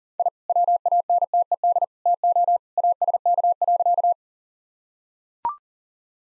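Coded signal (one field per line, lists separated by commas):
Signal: Morse code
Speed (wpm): 40 wpm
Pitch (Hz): 700 Hz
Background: none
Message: I WANTED TO ASK.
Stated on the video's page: Morse code practice at 40 wpm: sentences with common three-word phrases, each sent, then spoken, then sent again, first words spoken beforehand as a guide.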